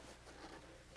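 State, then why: Not seated. The cab door of a 921E wheel loader, the same cab used on the 821E and 721E, is swung back 180 degrees against the cab toward its hold-open latch. A low, steady hum runs throughout with faint handling rustle and no sharp transients. The door has not yet latched and nothing has clicked.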